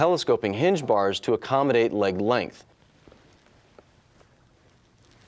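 Someone talks for about the first 2.5 seconds while the telescoping hinge bars of a Breg T Scope Premier knee brace are slid to fit the leg length, before the friction clips are pushed down to lock. After that, only faint handling noises are heard near 3.1, 3.5 and 3.8 seconds. Nothing has clicked or locked yet.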